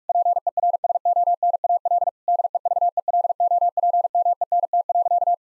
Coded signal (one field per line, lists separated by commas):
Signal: Morse code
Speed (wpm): 42 wpm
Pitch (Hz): 700 Hz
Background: none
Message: PERSONAL DEVELOPMENT.